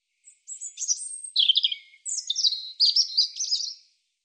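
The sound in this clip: European robin song: one phrase of high, liquid warbles with brief breaks that drops, then rises into a rapid, jangling trill before stopping.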